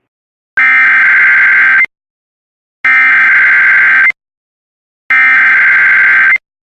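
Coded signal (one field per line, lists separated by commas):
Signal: Emergency Alert System (SAME) tones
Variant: header bursts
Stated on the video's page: Relays of weather alerts recorded from WJON-IP Weatherscan on MyTuner Radio, with valid EAS tones.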